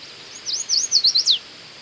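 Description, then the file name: American yellow warbler with a short burst of high, sweet warbled notes, several quick loops ending in a falling slur; faint hiss underneath. "Setophaga aestiva - American Yellow Warbler"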